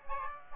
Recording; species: mosquito wingbeat signal from an infrared sensor; Aedes aegypti